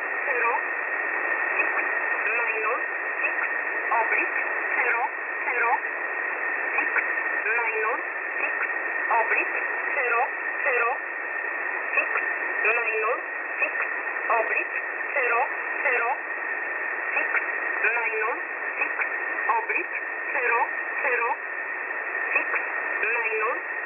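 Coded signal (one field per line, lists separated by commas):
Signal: numbers station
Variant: E11 Oblique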